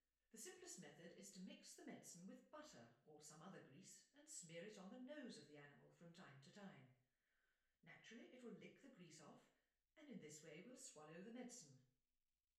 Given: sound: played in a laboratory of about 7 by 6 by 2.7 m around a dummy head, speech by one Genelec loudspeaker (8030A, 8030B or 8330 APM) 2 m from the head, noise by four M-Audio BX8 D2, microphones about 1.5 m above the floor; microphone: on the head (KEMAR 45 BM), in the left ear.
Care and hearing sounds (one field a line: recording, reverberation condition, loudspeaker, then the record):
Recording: female speech in English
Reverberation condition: medium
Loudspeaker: 90 degrees to the right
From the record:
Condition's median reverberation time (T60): about 510 ms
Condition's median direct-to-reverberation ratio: about -0.5 dB